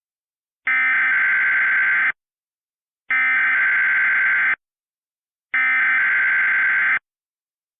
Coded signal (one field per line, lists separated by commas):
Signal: Emergency Alert System (SAME) tones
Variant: header bursts